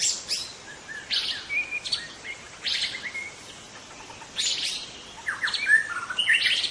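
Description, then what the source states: White-rumped shama song: scattered harsh bursts and brief whistles, with a lull in the middle, then a dense closing phrase of rich, rising whistled notes. In forest.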